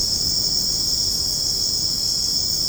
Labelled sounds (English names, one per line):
none